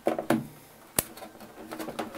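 A plastic diffuser lens with a small pull tab is pressed into a Solatube Brighten Up 160 tubular skylight, fitting between the tubing and the ring as a pressure fit. A few sharp plastic knocks sound, with snaps at 0.3 s and 1.0 s, followed by light rustling. The lens ends up seated in the ring.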